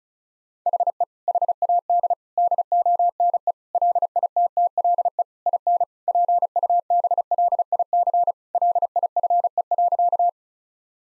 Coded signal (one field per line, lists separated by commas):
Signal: Morse code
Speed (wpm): 34 wpm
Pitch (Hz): 700 Hz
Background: none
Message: HE HAD DONE LITTLE IN PUBLIC LIFE.